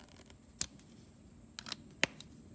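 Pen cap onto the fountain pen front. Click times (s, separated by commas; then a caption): 2.0 s. The cap of an aluminium Lamy Al-Star fountain pen is taken off the posted end and snapped back onto the front of the pen, with several light ticks and rustles along the way. A sharp, bright click at 2.0 s marks the cap seating firmly, a sign of proper quality control.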